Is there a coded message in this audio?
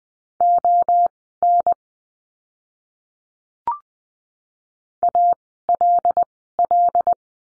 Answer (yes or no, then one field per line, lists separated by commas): yes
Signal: Morse code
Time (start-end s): 0.4-7.1 s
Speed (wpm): 20 wpm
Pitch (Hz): 700 Hz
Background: none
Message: ON ALL